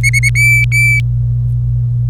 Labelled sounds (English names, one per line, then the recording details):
Domestic Canary song
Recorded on 25 April 2018 at 17:08
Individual llb3